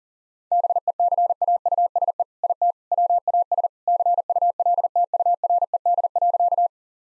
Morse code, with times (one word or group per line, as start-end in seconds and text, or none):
0.5-2.2 BECAUSE
2.4-2.7 IT
2.9-3.7 WAS
3.9-6.7 CULTURED.